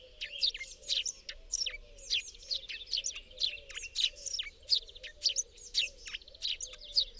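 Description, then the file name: Eurasian blue tit calling, a steady run of high, sharp chirps and short buzzy notes, several each second, with a faint low hum beneath. "Cyanistes caeruleus"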